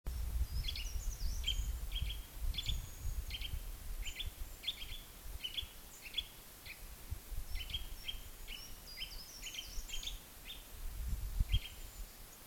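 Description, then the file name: Eurasian nuthatch giving short, sharp notes in quick, irregular series throughout, over steady low rumbling noise. "Sitta europaea"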